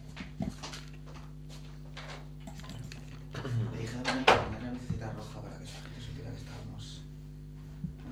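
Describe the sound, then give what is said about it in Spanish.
A door swings shut with one solid thud partway through, preceded by brief shuffling and creaking, over a low steady background hum with faint murmured voices. “que cerrar la puerta de Sí, aquí, ¿no? ciérrala, por favor”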